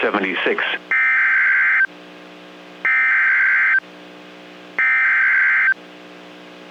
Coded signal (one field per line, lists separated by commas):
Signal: Emergency Alert System (SAME) tones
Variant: header bursts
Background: speech